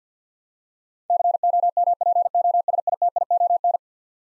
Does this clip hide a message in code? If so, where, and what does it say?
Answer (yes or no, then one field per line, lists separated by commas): yes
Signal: Morse code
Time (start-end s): 1.1-3.8 s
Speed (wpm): 48 wpm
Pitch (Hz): 700 Hz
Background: none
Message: COMPOSITION